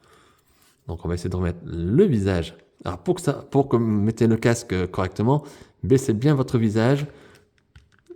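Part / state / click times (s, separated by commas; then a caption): plastic helmet onto action figure head / seated / 7.8 s. Someone talks while lowering the face of a Masters of the Universe Masterverse Horde-Trooper action figure and pushing its plastic helmet down onto the head. After the talking stops, a few faint, sharp clicks are heard near the end, and the helmet clips into place at 7.8 seconds.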